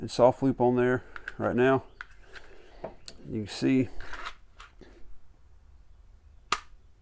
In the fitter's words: retention got a nice little click and